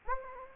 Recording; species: mosquito wingbeat signal from an infrared sensor; Anopheles gambiae